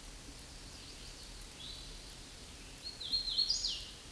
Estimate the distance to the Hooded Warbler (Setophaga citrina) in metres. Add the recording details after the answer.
about 30 m. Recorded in a Pennsylvania forest on 18 May 2023 at 09:33. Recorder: AudioMoth, point grid1_7_low. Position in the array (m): 180 m, 85 m